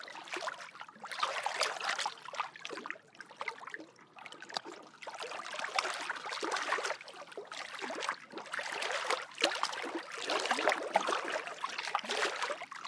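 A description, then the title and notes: Water laps and splashes at a lake's edge in close, irregular bursts, with small trickles and dribbles filling the gaps. The sound swells and eases every second or two, bright and busy in the upper range with almost no low rumble beneath. Lake At Sunset.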